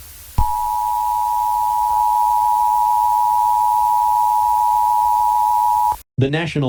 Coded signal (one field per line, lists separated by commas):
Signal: Emergency Alert System (SAME) tones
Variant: 853 and 960 Hz attention tone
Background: speech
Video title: Eas Scenario #5 Washington Tornado outbreak